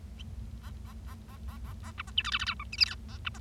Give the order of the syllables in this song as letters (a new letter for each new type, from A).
A A A A A A A B C D E F F G H I J K A B C